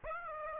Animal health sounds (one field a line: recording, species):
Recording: mosquito wingbeat signal from an infrared sensor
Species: Aedes aegypti